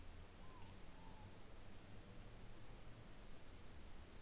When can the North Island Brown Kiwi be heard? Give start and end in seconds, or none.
none